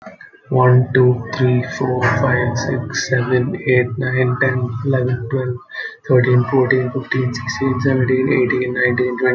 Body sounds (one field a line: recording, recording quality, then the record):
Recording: counting at a normal pace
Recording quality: moderate, slight background noise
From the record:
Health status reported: healthy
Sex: male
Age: 22 years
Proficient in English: yes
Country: India